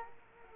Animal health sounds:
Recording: mosquito wingbeat signal from an infrared sensor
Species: Culex quinquefasciatus

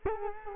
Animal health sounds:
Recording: mosquito wingbeat signal from an infrared sensor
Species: Culex quinquefasciatus

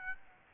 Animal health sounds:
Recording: mosquito wingbeat signal from an infrared sensor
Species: Aedes aegypti

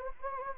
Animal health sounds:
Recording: mosquito wingbeat signal from an infrared sensor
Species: Anopheles gambiae

